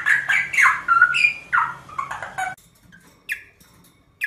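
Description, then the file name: Rosella chattering with harsh, falling squawky notes in a fast burst, followed by two isolated sharp calls after a pause. "Canto da Rosela"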